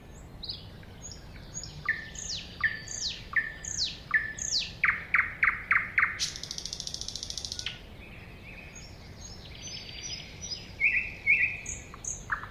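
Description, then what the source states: Thrush nightingale song with sliding whistles, a fast series of loud hammering notes, a long rattling buzz, then varied whistled phrases. Recorded at a woodland edge next to a lake in 2001.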